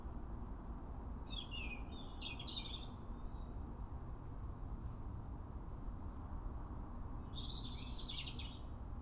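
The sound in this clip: European robin singing high, liquid, rising and falling phrases, a pause, then another bright burst, over a continuous low hum.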